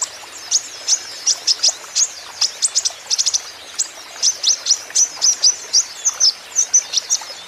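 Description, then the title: Van Hasselt's sunbird song, a fast series of thin, high, sharp notes and short trills, with light background hiss. Caged young green-plumaged (konin ijoan) kolibri ninja in energetic (gacor) song; used as a lure and for training so untrained konin birds answer. "KOLIBRI NINJA KONIN IJOAN GACOR COCOK UNTUK PANCINGAN TERAPI KONIN BAHAN PASTI NYAUT"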